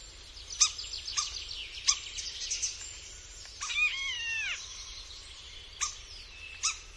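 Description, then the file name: Common starling song mixing sharp repeated clicks with a long wheezy descending slur midway, then more clicks and whistled fragments. "Szpak"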